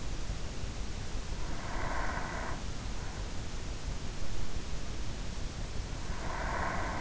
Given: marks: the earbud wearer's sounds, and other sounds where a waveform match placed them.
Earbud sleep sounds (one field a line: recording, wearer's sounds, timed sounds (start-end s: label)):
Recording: sounds in sleep by an in-ear microphone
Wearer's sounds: breath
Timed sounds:
1.34-3.11 s: breath
5.39-7.01 s: breath